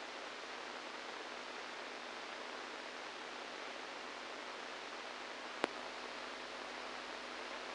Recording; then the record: brain microelectrode recording played as sound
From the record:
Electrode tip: inside the subthalamic nucleus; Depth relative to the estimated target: -2 mm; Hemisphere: right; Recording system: NeuroSet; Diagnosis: Parkinson's disease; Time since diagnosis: 7 years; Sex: male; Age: 69 years